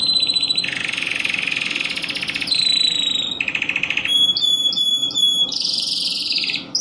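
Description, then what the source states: Canary song of dense buzzy rolls and bell-like pulsed notes, moving between high tours of different pitch in quick succession. Mix of American Singer and Timbrado canary song, made for teaching song to birds.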